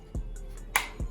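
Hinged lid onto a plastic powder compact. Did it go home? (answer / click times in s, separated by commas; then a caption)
yes / 0.8 s. The hinged plastic lid of a plastic powder compact is pressed shut, giving one sharp, bright click at 0.8 s, with a few soft low thumps and faint ticks around it. The lid is closed securely and stays in place without moving.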